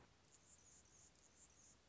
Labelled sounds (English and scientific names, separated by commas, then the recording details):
Anna's Hummingbird (Calypte anna)
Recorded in Sonoma County, California